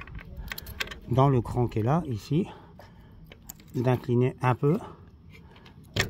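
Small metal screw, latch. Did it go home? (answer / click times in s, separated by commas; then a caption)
yes / 6.0 s. A gate motor's manual-release part is tilted so a small metal screw drops into its notch, while someone talks over light metallic jangling and small clicks. The screw snaps into the notch with a sharp click at 6.0 s, declutching the motor so the gate can be moved by hand.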